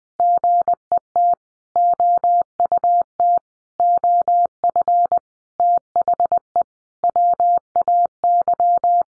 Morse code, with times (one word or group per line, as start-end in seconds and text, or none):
0.2-1.3 GET
1.8-3.4 OUT
3.8-5.2 OF
5.6-6.6 THE
7.0-9.0 WAY